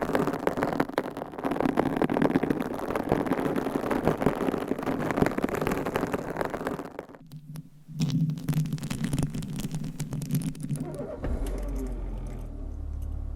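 Dense, rough scratching runs for about seven seconds, breaks off briefly, then returns as lower rubbing sounds that settle into a deep rumble near the end.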